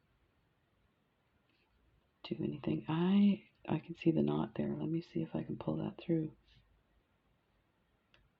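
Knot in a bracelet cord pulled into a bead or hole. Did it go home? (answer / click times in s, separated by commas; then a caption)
yes / 8.1 s. Someone talks while pulling a knotted cord through a bead or hole on a leather bracelet made from a recycled belt. After a short quiet pause, a small faint click is heard at 8.1 s as the knot snaps and seats into place.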